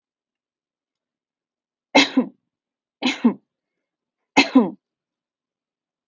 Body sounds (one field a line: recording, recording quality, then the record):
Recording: shallow voluntary cough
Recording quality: excellent, no background noise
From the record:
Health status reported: healthy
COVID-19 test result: not tested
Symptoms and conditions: none ticked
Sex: female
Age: 32 years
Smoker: not ticked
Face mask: not worn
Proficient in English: yes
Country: United States